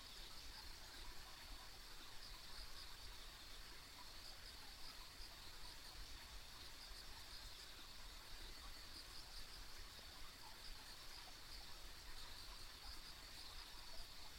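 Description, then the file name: Insects in a high chorus, with bright short trills scattered above the steady drone and a low rumble. Ambient insect sounds on a country road. "田舎道の虫の環境音"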